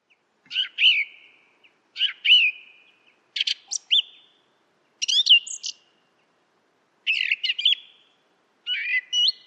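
Song thrush song of short, changing phrases: whistled notes, quick trills and sharp chirps, about six phrases spaced a second or so apart against silence.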